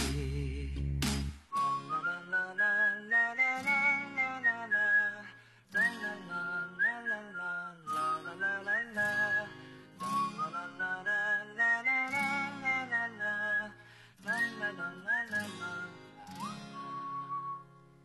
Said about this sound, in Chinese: 好像跟着口哨的声音一起轻快起来了